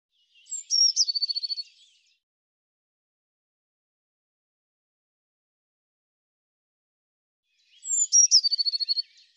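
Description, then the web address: Eurasian blue tit giving two calls about seven seconds apart, each a high thin note or two running into a rapid chattering trill. "Deverinetal"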